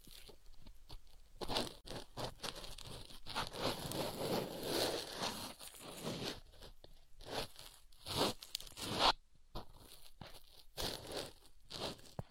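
Ear picking, a steady run of dry scratching and crackling rustles that swell and fade in quick bursts. The strokes come densely and irregularly, bright and crisp, with a sharper scrape just after nine seconds and brief quiet gaps between clusters.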